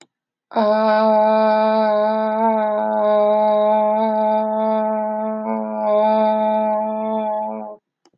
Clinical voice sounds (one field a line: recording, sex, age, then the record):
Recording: vowel held as long as possible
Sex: female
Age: 20 to 29 years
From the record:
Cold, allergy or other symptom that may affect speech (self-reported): no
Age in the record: 27 years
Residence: United States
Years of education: 12